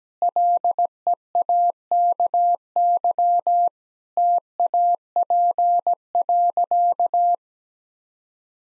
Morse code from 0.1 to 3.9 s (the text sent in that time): LEAKY